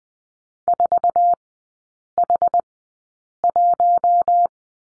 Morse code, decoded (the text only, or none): 4H1